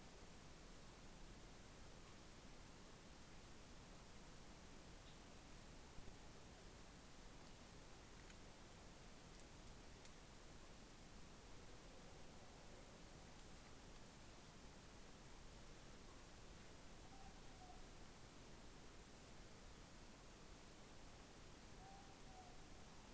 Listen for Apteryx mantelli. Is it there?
no